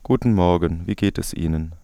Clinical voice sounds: spoken sentence; German; male; 20 to 29 years; 2; 2; 0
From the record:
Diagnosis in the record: dysodia (singing voice disorder); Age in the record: 29 years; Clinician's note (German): Überlastungssymptomatik

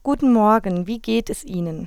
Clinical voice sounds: spoken sentence; German; female; 20 to 29 years; 0; 0; 0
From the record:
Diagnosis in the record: hyperfunctional dysphonia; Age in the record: 28 years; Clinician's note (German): Mit beginnenden Phonationsknötchen, li > re

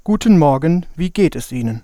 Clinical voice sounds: spoken sentence; German; male; 20 to 29 years; 0; 0; 0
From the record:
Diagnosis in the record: healthy voice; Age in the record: 21 years

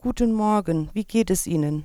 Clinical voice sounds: spoken sentence; German; female; 40 to 49 years; 2; 0; 0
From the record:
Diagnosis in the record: hyperfunctional dysphonia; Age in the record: 49 years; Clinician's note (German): Leichte Form

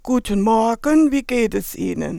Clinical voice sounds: spoken sentence; German; female; 60 to 69 years; 2; 2; 1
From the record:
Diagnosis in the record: recurrent laryngeal nerve paralysis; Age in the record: 68 years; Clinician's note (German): Ältere rechts mit guter Kompensation

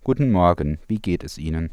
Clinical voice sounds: spoken sentence; German; male; 20 to 29 years; 1; 0; 0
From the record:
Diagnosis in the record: healthy voice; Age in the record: 24 years

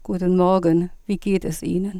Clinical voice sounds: spoken sentence; German; female; 50 to 59 years; 2; 2; 1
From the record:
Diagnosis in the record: functional dysphonia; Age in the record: 57 years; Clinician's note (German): Mit psychogener Komponente

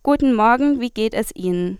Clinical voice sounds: spoken sentence; German; female; 20 to 29 years; 0; 0; 0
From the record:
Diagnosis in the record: healthy voice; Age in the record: 20 years

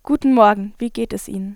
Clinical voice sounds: spoken sentence; German; female; 18 to 19 years; 0; 0; 0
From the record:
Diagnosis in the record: healthy voice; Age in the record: 19 years

